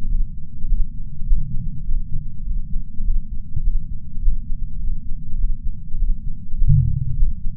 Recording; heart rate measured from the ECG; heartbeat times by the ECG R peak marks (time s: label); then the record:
heart sounds by patch sensor on the chest; 102 bpm
0.07 s: heartbeat
0.67 s: heartbeat
1.25 s: heartbeat
1.84 s: heartbeat
2.43 s: heartbeat
3.03 s: heartbeat
3.62 s: heartbeat
4.20 s: heartbeat
4.79 s: heartbeat
5.37 s: heartbeat
5.97 s: heartbeat
6.56 s: heartbeat
7.15 s: heartbeat
From the record:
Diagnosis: coronary artery disease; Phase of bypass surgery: postoperative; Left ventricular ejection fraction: 64%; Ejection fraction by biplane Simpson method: 61.7%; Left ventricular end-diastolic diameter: 46 mm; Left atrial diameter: 31 mm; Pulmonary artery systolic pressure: 30 mmHg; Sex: male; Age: 43 years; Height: 177 cm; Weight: 75 kg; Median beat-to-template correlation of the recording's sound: 0.76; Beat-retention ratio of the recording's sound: 0.99